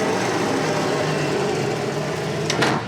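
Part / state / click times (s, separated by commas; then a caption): spring-loaded latch on a slide-out armoire, locking into its rail catch / seated / 2.5 s, 2.6 s. A slide-out armoire in a camper van is pushed along its rail, its spring-loaded latch riding up a ramp over a steady background hum. Two sharp knocks at 2.5 s and 2.6 s mark the latch locking into its rail catch, seated in place for travel.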